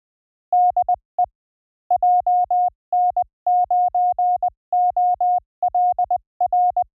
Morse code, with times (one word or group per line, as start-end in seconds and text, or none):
0.5-1.2 DE
1.9-6.8 JN9OLR